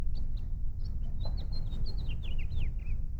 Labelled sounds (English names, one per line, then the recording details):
House Finch song
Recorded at Hempstead on Long Island, New York, on 10 June 1975
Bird A